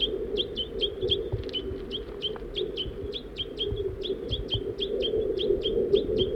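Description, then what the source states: Crossbill calls: short sharp chips repeated several times a second throughout, over steady background noise. Female and juvenile during feeding, in pines.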